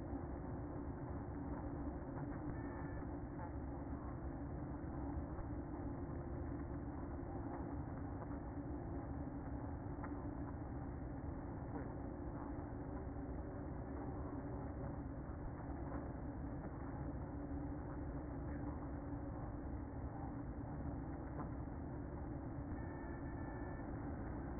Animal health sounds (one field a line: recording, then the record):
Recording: honeybee colony, microphone inside the hive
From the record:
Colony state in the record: queen present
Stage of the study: after two queens were removed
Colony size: about 60,000 bees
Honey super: yes